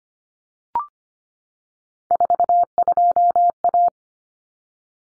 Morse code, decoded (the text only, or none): 42A